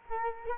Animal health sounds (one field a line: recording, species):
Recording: mosquito wingbeat signal from an infrared sensor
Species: Culex quinquefasciatus